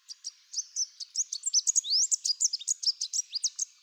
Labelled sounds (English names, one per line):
Chestnut-capped Warbler song